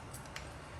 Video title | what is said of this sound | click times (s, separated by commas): RZR Trail Fire Extinguisher Install | it pops right in. | 0.4 s